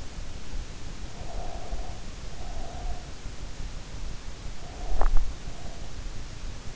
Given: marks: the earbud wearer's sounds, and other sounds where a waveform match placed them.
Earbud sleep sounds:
sounds in sleep by an in-ear microphone; breath, swallowing
1.12-3.13 s: breath
4.40-4.98 s: breath
4.98-5.31 s: swallowing
5.31-6.15 s: breath

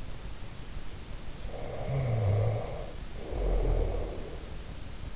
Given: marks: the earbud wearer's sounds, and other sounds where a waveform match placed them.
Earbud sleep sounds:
sounds in sleep by an in-ear microphone; snoring breath
1.61-4.58 s: snoring breath

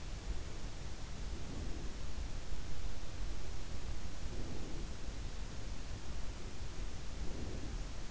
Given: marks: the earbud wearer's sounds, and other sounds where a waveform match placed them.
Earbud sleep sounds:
sounds in sleep by an in-ear microphone; breath
1.01-2.21 s: breath
3.95-5.11 s: breath
6.81-8.10 s: breath

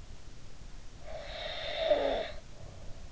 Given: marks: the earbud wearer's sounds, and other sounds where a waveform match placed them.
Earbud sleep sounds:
sounds in sleep by an in-ear microphone; snoring breath
1.09-3.10 s: snoring breath

